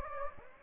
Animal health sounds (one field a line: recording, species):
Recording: mosquito wingbeat signal from an infrared sensor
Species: Anopheles gambiae